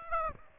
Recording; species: mosquito wingbeat signal from an infrared sensor; Aedes aegypti